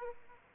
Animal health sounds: mosquito wingbeat signal from an infrared sensor; Aedes aegypti

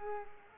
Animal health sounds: mosquito wingbeat signal from an infrared sensor; Culex quinquefasciatus

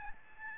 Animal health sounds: mosquito wingbeat signal from an infrared sensor; Aedes albopictus

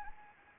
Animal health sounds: mosquito wingbeat signal from an infrared sensor; Anopheles arabiensis

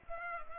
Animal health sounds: mosquito wingbeat signal from an infrared sensor; Culex pipiens

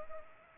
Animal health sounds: mosquito wingbeat signal from an infrared sensor; Culex pipiens

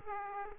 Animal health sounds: mosquito wingbeat signal from an infrared sensor; Aedes aegypti

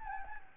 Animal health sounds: mosquito wingbeat signal from an infrared sensor; Anopheles gambiae

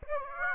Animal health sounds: mosquito wingbeat signal from an infrared sensor; Aedes aegypti

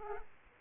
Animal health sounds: mosquito wingbeat signal from an infrared sensor; Aedes aegypti

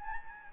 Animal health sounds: mosquito wingbeat signal from an infrared sensor; Anopheles gambiae

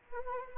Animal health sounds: mosquito wingbeat signal from an infrared sensor; Anopheles arabiensis

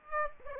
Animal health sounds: mosquito wingbeat signal from an infrared sensor; Aedes aegypti

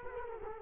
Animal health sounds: mosquito wingbeat signal from an infrared sensor; Culex quinquefasciatus

